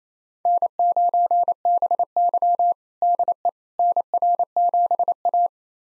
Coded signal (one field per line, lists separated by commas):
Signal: Morse code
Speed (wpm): 28 wpm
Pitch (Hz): 700 Hz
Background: none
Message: N9BY DE NR7A